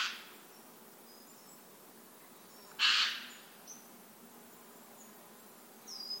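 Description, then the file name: Eurasian jay giving a single loud, harsh screech midway, with a fainter rasp at the start and soft high chirps from other birds in the background. "Garrulus glandarius"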